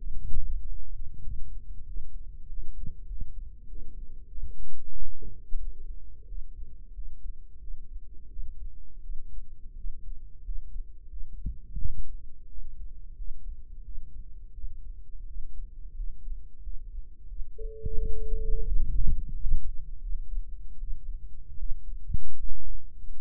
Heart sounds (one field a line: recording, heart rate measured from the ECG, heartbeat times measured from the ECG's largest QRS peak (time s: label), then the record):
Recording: heart sounds by microphone in the right ear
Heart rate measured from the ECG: 88 bpm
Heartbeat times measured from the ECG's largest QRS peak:
0.57 s: heartbeat
1.22 s: heartbeat
1.85 s: heartbeat
2.48 s: heartbeat
3.07 s: heartbeat
3.67 s: heartbeat
4.27 s: heartbeat
4.91 s: heartbeat
5.58 s: heartbeat
6.26 s: heartbeat
6.93 s: heartbeat
7.59 s: heartbeat
8.28 s: heartbeat
9.01 s: heartbeat
9.75 s: heartbeat
10.43 s: heartbeat
11.09 s: heartbeat
11.77 s: heartbeat
12.48 s: heartbeat
13.16 s: heartbeat
13.84 s: heartbeat
14.53 s: heartbeat
15.26 s: heartbeat
15.95 s: heartbeat
16.62 s: heartbeat
17.27 s: heartbeat
17.95 s: heartbeat
18.67 s: heartbeat
19.32 s: heartbeat
20.01 s: heartbeat
20.78 s: heartbeat
21.57 s: heartbeat
22.37 s: heartbeat
23.15 s: heartbeat
From the record:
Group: healthy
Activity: rest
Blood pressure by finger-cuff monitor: 86/52 mmHg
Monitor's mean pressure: 66 mmHg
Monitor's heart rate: 89 bpm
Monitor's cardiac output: 8.1 L/min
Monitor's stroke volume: 92 mL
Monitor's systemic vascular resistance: 570 dyn s/cm5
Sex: female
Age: 22 years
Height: 161 cm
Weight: 65.5 kg